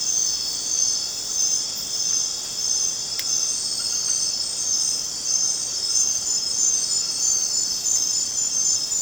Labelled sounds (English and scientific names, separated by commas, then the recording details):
none
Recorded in dense forest near Puerto Asís, Putumayo, Colombia, on 27 June 2025 at 19:30
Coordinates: 0.484, -76.317
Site G045